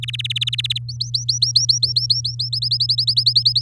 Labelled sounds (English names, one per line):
Domestic Canary song